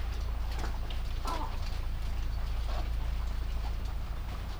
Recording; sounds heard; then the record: poultry house recording; sick chickens (respiratory disease)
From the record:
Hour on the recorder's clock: 23